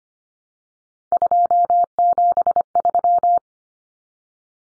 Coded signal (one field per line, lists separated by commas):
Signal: Morse code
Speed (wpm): 25 wpm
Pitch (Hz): 700 Hz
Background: none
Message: 273